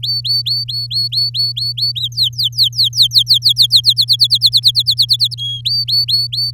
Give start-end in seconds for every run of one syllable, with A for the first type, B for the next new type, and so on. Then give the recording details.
0.03-1.92 A, 1.95-3.81 B, 3.84-5.34 C, 5.38-5.61 D, 5.65-6.51 A. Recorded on 7 May 2018 at 16:04. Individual llb16